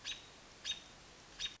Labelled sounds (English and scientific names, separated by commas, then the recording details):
American Robin (Turdus migratorius)
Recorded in Sonoma County, California